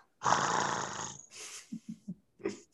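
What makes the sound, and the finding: Cat. Snoring.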